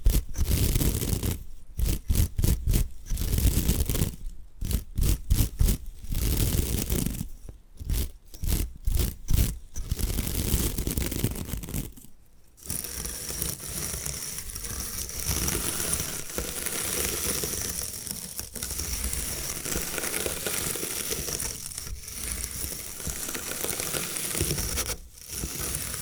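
Bamboo being worked by hand, first with quick bursts of tapping and scraping for about twelve seconds, broken by short silences. After a pause it shifts to a steady, dense brushing that runs to the end, with a bright hiss on top and only brief dips.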